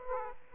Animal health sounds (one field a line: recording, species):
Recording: mosquito wingbeat signal from an infrared sensor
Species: Aedes aegypti